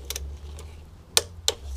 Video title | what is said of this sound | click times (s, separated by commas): MK2 AUDI TT OIL + POLLEN FILTER + BRAKE FLUID CHANGE - DRIVEWAY DIY #AUDITT #TT | and wait for the click | 1.2 s